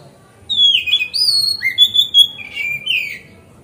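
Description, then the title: Oriental magpie-robin producing a continuous string of loud, sliding whistled notes, some rising and some falling, for about two and a half seconds. Song style described as masteran (tutored song); recorded on a terrace. "Kacer Masteran Teras"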